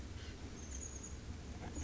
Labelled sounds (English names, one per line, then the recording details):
Chestnut-backed Chickadee
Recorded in Sonoma County, California